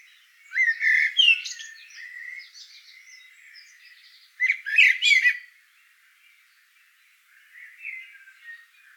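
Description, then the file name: Eurasian blackbird song: fluty warbled phrases with high twittering endings, separated by soft chatter, the last one quieter. "Turdus merula"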